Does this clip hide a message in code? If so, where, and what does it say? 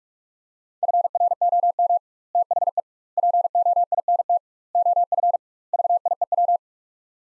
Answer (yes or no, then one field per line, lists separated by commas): yes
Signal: Morse code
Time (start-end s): 0.8-6.6 s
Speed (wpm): 46 wpm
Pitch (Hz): 700 Hz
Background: none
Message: FROM THE POINT OF VIEW